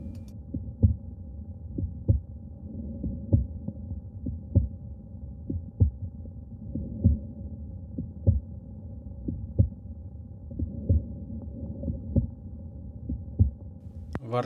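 Regular heart sounds at about 48 beats a minute over a steady low hum, in an adult of about 50 with a bicuspid aortic valve. At the aortic point the first sound seems widely split: a quieter mitral component followed by an unusually loud aortic ejection sound. The second sound is accentuated. A wide split of the first sound at the aortic point suggests an aortic ejection sound.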